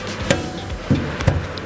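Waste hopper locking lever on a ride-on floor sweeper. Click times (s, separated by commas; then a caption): 0.3 s. After the waste hopper of a Valter VTR-RSP1900 ride-on floor sweeper with canopy is hooked onto its catch, its locking lever is pressed down and snaps shut with a sharp click at 0.3 s, followed by a few fainter short knocks around 0.9–1.6 s. The hopper is now properly locked.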